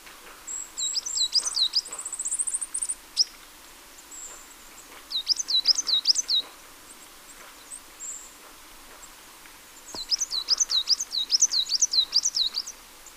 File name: Poecile palustris